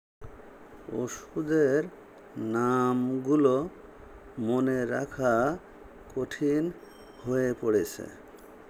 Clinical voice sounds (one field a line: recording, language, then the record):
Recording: elicited speech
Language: Bengali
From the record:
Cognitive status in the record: dementia